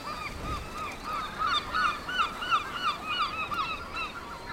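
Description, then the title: Seabird colony clamour, quick nasal cries strung in bursts that grow louder midway, several callers overlapping over a steady hiss. Seabird colony on two islets east of Cap Fréhel, France; 5 June 2009; windy day; birds calling incessantly; mono recording. "Oiseaux marins au Cap Fréhel"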